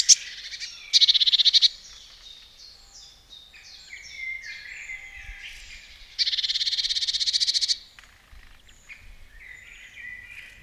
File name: Mesange B fondmesangebleueok